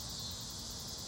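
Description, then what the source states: Cicada call, an even high-pitched whirring hiss that carries on steadily without pauses, over a faint low background hum. Recorded in summer.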